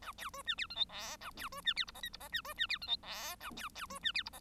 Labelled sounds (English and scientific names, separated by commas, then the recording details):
Bengalese Finch (Lonchura striata domestica) song
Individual Bird1